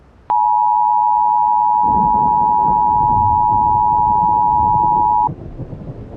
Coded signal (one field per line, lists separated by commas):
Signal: Emergency Alert System (SAME) tones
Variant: 853 and 960 Hz attention tone